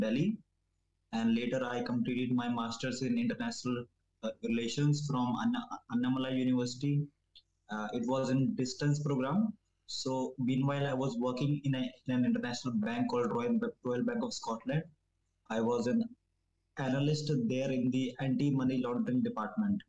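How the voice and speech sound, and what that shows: An adult man speaks at a moderate pace, mostly fluently, with a few stretched sounds ("from…", "so…") and silent pauses of up to a second before words such as "analyst". These are mild blocks and prolongations of stammering that began around age 10 and was partly caused by an abusive environment.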